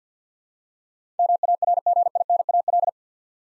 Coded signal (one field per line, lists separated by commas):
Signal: Morse code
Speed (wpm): 47 wpm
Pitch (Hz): 700 Hz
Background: none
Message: MARGINAL